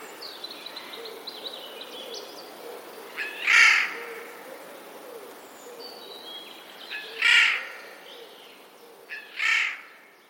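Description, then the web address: Eurasian jay screeching three times, hoarse rasping calls spaced a few seconds apart. Recorded 11 April 2021. "wroblowe ostrzegator sojka"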